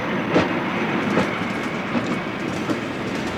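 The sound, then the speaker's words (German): A train rolls steadily along the rails on a return journey from a farm, past meadows with cows and horses, a continuous rumbling hiss broken by regular clickety-clack beats from the wheels crossing track joints, roughly every 0.8 seconds. “Als Conny auf der Rückfahrt aus dem Zugfenster wieder die Kühe und die Pferde auf den Wiesen sieht, muss sie noch lange an die schöne Zeit auf dem Bauernhof denken.”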